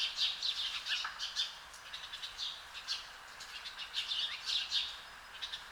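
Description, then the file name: House sparrow chirping: many short chirps and squeaky notes in a steady, irregular series. "Passer domesticus"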